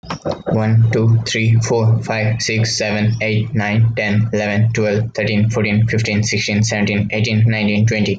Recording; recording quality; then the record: counting at a fast pace; excellent, no background noise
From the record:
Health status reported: healthy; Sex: male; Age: 20 years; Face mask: worn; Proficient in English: yes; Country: India